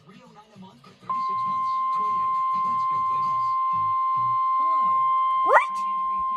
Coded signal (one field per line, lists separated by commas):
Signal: Emergency Alert System (SAME) tones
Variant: 1050 Hz attention tone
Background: speech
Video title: EAS 1# RWT FAIL!